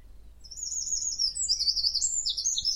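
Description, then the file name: Eurasian wren singing a brief, very high run of rapid, tinkling notes and short trills, continuous for about two seconds, with a faint low rumble beneath. "Troglodytes troglodytes"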